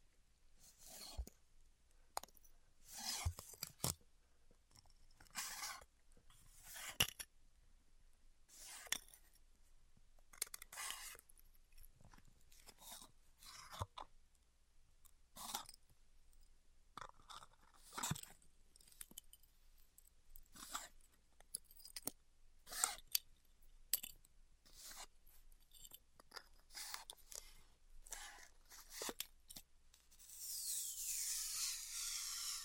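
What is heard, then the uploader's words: Styrofoam being cut with a hot wire gives off a stream of short, dry crackles and squeaks, irregular and often clustered, several per second. Bright, crisp snaps stand out over quieter rustling, and near the end a steady hiss rises and holds. ASMR Styrofoam Heat Cutting (No Talking).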